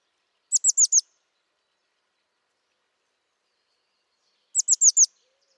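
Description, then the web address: Bird calls: a quick burst of four high, thin, downslurred notes, given twice about four seconds apart, with silence between. "cianscape birddata Deverinetal 2025 Bird Only"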